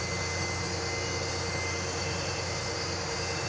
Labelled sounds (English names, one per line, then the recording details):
none
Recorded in pastures near Puerto Asís, Putumayo, Colombia, on 13 March 2025 at 00:30
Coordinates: 0.466, -76.322
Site CSA-02